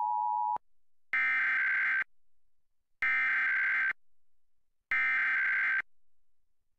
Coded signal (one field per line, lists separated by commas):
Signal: Emergency Alert System (SAME) tones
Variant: header bursts